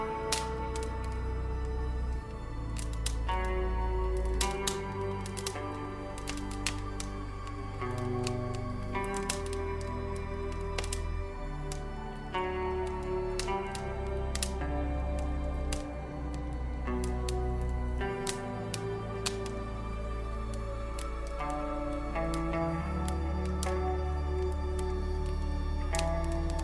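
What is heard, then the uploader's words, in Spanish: Soft, relaxing music plays over a crackling fireplace. Sustained chords and deep bass notes shift every few seconds at a slow, even pace, while sharp pops and snaps from the fire break in irregularly throughout. The overall level stays steady. Sonidos de una CHIMENEA y MÚSICA Relajante. Sonidos del fuego y la suave música.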